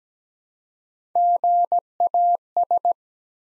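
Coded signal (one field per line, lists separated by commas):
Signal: Morse code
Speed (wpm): 17 wpm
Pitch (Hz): 700 Hz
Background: none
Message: GAS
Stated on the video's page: Morse practice set at 17 wpm, sending 3-letter words one letter at a time for instant character recognition.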